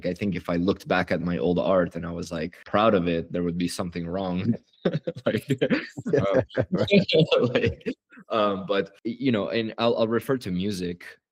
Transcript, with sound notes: Like I think if I looked back at my oldart and I was like proud of it there would be something wrong. [laughter] Right. Um, but you know, and I’ll I’ll refer to music,